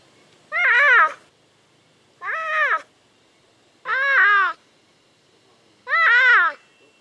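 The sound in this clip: Clouded leopard giving four loud, harmonic meow-like calls, each about half a second long with an arched rise-and-fall, spaced roughly one to two seconds apart.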